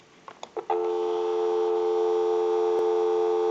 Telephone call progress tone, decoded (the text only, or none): dial tone